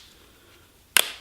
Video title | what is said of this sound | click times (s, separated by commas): Living With KAFO Leg Brace | doves and click the brace did you get the click click it | 1.0 s